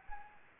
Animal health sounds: mosquito wingbeat signal from an infrared sensor; Anopheles gambiae

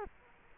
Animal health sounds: mosquito wingbeat signal from an infrared sensor; Culex quinquefasciatus

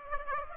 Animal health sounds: mosquito wingbeat signal from an infrared sensor; Aedes aegypti

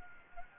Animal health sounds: mosquito wingbeat signal from an infrared sensor; Anopheles gambiae

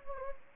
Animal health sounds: mosquito wingbeat signal from an infrared sensor; Anopheles gambiae

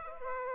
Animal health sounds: mosquito wingbeat signal from an infrared sensor; Culex pipiens

